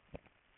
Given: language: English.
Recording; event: throat vibration sensor signal played as sound; swallow